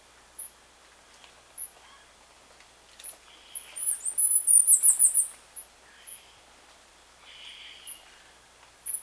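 Bird call: one burst of quick, very high, squeaky repeated notes about a second long, surrounded by soft ticks and faint rustling.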